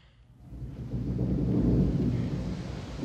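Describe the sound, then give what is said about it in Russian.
Rain starts falling after a brief quiet moment, swelling into a steady, dense hiss with a heavy, deep rumble underneath, loud and continuous with no voices. “Снова пошел дождь!”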